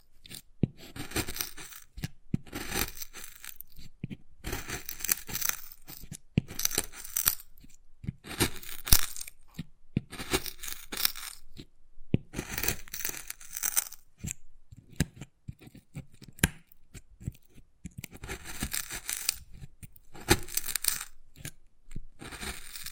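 Wood carving sounds: scraping and scratching strokes come in bursts of a second or two, bright and rough, separated by short pauses. Sharp taps and clicks punctuate the strokes throughout, with a quieter stretch around fifteen seconds before the scraping resumes.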